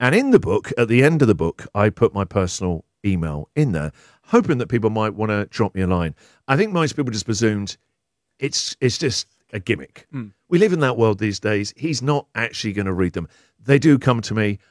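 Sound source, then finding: Adult male radio host speaking. Fluent speech.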